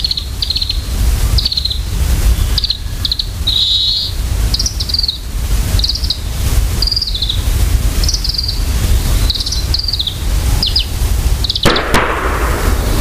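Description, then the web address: Varied tit giving high, thin calls, mixing short downslurred notes with buzzy drawn-out notes, repeated steadily throughout over a constant low rumble, with a sharp noise near the end. "sikioto. yamagarazinaki"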